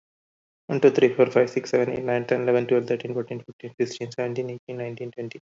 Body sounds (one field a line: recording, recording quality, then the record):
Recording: counting at a fast pace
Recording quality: excellent, no background noise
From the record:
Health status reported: recovered from COVID-19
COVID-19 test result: positive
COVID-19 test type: RT-PCR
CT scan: not taken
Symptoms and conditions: none ticked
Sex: male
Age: 41 years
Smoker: no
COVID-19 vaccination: both doses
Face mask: worn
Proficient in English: yes